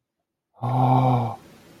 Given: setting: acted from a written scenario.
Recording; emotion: vocal sound without words; romantic love